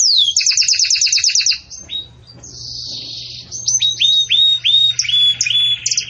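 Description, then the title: Canary song: a fast trill of chirps, a brief pause, then a soft buzzy roll and a series of clear upward-curving whistles. Bell-like ('campainha') song of the Belgian canary, for teaching young chicks. "Belíssimo Canto Do Canário Belga Campainha Para Encarte De Filhotes"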